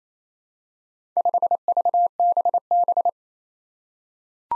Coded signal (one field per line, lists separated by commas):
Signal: Morse code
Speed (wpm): 27 wpm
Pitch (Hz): 700 Hz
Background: none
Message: 5VBB